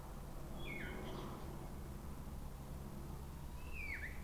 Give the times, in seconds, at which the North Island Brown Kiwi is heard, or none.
none